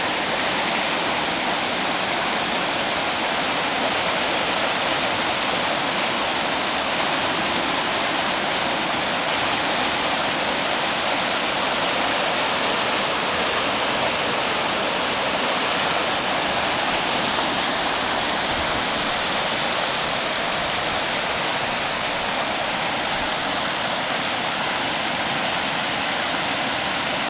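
The Sainte Suzanne river in flood, pouring over the ford and across the road. A dense, unbroken rush of water hisses steadily for the whole clip, strongest in the upper and middle range with a thinner low rumble underneath. Nothing else breaks through.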